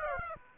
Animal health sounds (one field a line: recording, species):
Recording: mosquito wingbeat signal from an infrared sensor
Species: Aedes aegypti